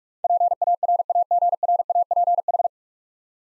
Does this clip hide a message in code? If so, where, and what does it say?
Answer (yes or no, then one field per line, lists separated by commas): yes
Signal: Morse code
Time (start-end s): 0.2-2.7 s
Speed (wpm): 44 wpm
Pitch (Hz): 700 Hz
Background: none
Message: PARAGRAPH